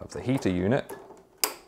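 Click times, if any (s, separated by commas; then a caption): 1.4 s. Someone talks, then a water hose quick-connect fitting is pushed into the inlet on the underside of a Joolca HOTTAP portable water heater unit. A single sharp plastic click sounds at 1.4 s as the fitting snaps into place and is seated.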